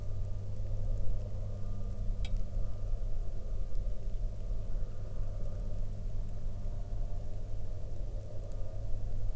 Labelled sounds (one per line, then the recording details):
machinery
rain
aircraft
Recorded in the Prudhoe Bay oil fields, Alaska, on 8 August 2019 at 08:12
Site 13